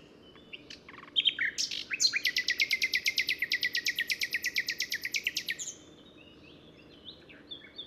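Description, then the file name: Common nightingale song featuring a long, rapid, evenly repeated series of loud notes lasting about four seconds, preceded by chirps and followed by soft notes. "Luscinia megarhynchos"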